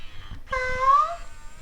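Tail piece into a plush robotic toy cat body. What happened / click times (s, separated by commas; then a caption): The tail piece did not click into place / none. Someone rotates the tail piece at its base, trying to fit it into a plush robotic toy cat's body, against low rumbling handling noise. A meow-like wavering tone rises suddenly at 0.5 s and fades by about 1.2 s. The tail still has not clicked into position.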